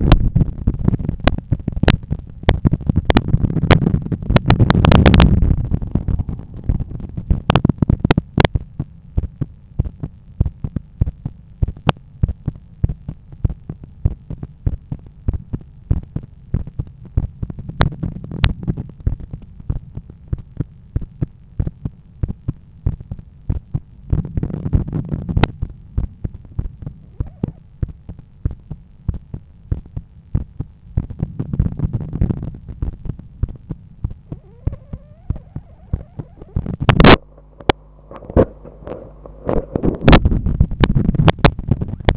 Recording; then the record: heart sounds by stethoscope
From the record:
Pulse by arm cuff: 96 bpm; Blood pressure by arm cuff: 113/74 mmHg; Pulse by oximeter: 98 bpm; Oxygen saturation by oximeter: 97%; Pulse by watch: 89 bpm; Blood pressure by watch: 126/81 mmHg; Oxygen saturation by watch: 98%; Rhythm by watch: sinus rhythm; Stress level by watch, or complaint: low stress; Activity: after 5 min smoking and 1 beer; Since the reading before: plus 2000 steps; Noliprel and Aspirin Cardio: after pills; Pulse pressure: 39 mmHg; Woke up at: 7:50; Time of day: 10:47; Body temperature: 36.5 C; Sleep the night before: 7 h 52 min, score 75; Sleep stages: REM 24%, light 55%, deep 12%, awake 9%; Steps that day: 9500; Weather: sunny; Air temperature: 21 C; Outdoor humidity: 70%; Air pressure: 1013 hPa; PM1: 5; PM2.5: 8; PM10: 9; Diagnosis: hypertension, treated with Noliprel and Aspirin Cardio 100 mg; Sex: male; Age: 53 years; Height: 174 cm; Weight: 81 kg